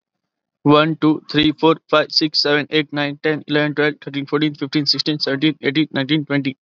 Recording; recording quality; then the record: counting at a fast pace; excellent, no background noise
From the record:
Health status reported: healthy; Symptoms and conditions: none ticked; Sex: male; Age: 26 years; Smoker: yes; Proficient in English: yes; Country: India